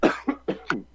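Adult man. A run of four coughs in quick succession.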